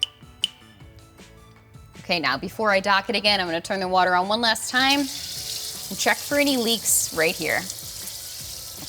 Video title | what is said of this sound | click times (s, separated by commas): How to Troubleshoot a Delta® Touch2O® Kitchen Faucet | just going to screw this until it clicks two to three times | 0.0 s, 0.4 s